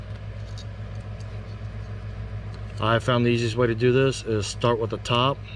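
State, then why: Not seated. The plastic back cover of a 2021 Ram 1500 3-button smart remote key fob is picked up and lined up on the fob housing during a battery replacement, before being pressed on. A steady low hum runs throughout, and someone talks over the second half. Nothing has seated or clicked yet.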